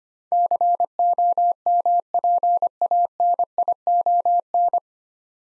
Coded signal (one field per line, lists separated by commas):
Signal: Morse code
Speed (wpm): 25 wpm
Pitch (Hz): 700 Hz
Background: none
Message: COMPANION